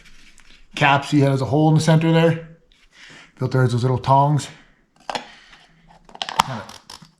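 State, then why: Seated. Someone talks while a filter element is pushed onto its plastic filter cap, which has a hole in the center. Light handling sounds follow, then a sharp click at 6.4 s as the filter's little tangs snap in and the element seats in the cap.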